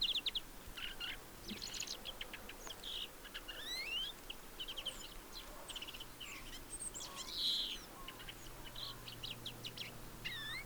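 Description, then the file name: European greenfinch calls: dense chattering twitters with rising slurred notes and quick chirps throughout, over a low background hum. "Chloris chloris"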